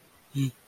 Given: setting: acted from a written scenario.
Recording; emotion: vocal sound without words; neutral